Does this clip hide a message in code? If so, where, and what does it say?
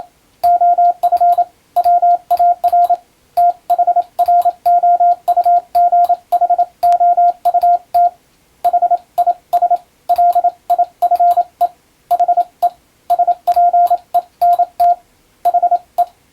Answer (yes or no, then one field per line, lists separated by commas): yes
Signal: Morse code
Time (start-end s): 0.4-16.0 s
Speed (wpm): 27 wpm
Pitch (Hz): 700 Hz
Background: radio noise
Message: OF WAR THROUGHOUT HIS LIFE HE SPENT HE